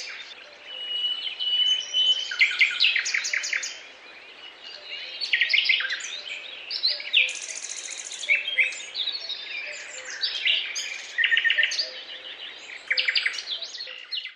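Birds chattering in a crowded chorus, a long whistled note early, a high buzzing burst midway, and many overlapping chirps.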